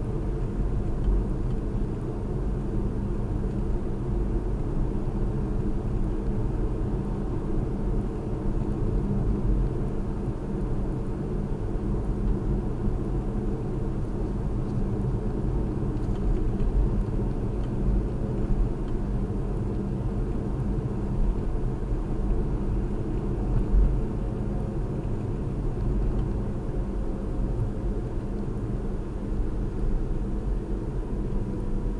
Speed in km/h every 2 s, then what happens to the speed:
52, 52, 53, 55, 55, 55, 53, 53, 53, 52, 53, 53, 52, 52, 52, 48.
0-23 steady at about 53.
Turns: none.